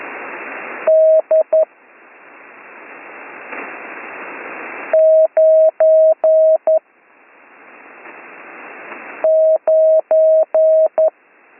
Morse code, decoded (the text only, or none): D99